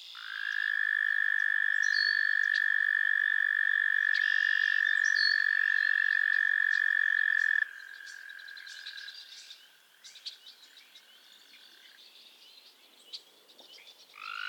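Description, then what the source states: Frog trill, loud and steady for about seven seconds, then softer overlapping trills continue and fade, leaving faint clicks and a quiet marsh. Chorus of frogs calling to one another on a summer evening at Miners Marsh, Annapolis Valley, Nova Scotia.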